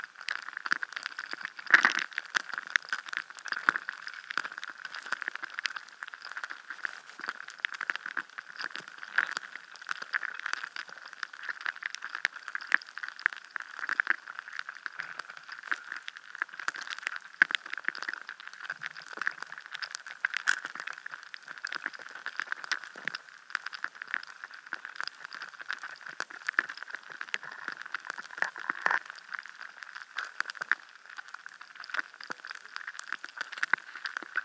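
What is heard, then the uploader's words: Ice cracks and crackles continuously, a dense patter of small sharp ticks and pops with no pauses. The sound is thin and bright, sitting in the upper middle with a faint high hiss, and a few louder snaps stand out, near 2 and 20 seconds. Sounds of ice cracking. Recorded with a homemade stereo hydrophone.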